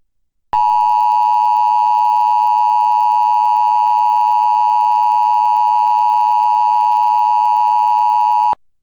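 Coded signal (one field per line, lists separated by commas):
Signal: Emergency Alert System (SAME) tones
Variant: 853 and 960 Hz attention tone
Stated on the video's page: Required weekly EAS test relayed by a digital TV subchannel, recorded with a digital tuner and recorder.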